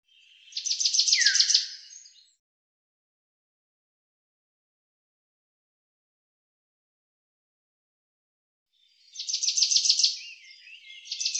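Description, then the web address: Common chaffinch song: a rapid, high trilled phrase ending in a short downward flourish, then after a long pause two more phrases near the end. "Deverinetal 2025 File cleaned normalized Bird Fr Co"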